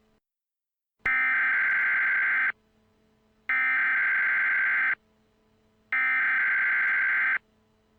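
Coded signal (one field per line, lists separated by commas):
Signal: Emergency Alert System (SAME) tones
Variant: header bursts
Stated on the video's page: Simulated EAS scenario about a Hudson River Valley flood, a fictional recreation rather than a real alert.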